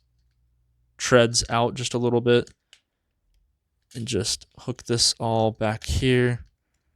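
A plastic hinge on a transforming robot toy figure is hooked underneath the tread section and pushed back while someone talks, with a faint brief tick near 2.7 s. The hinge has not popped into place yet; nothing has seated.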